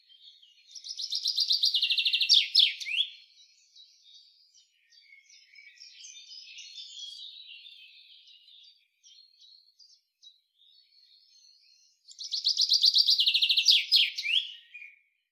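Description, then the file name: Common chaffinch song: two bright trills, each ending in a quick flourish, separated by a long pause with faint twittering. "Fringilla coelebs"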